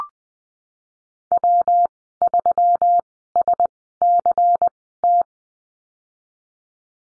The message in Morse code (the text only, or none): W3SCT